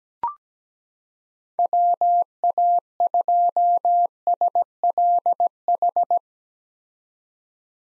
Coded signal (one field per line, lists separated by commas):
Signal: Morse code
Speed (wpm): 17 wpm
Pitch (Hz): 700 Hz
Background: none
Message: WA2SLH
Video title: 2023 POTA Hunter Call Signs - 17wpm